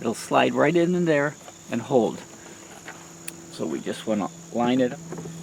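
Someone talks while a Subaru Forester tail light assembly is lined up and slid onto its retaining clip on the body, over a steady high-pitched cricket-like tone, with one brief sharp tick at 3.3 s. Nothing has seated or clicked yet; the assembly is still being handled and is not yet home.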